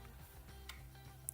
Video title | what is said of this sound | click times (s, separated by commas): NEVER Use a Table Saw Like This (99% of Beginners Do!) | and it snaps back into place. Pretty cool. | 1.3 s